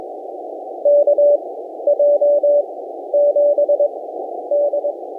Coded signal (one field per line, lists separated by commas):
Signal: Morse code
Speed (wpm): 18 wpm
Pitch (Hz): 560 Hz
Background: none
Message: KJ7D